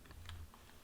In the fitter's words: we just return it to the locked position, just like that.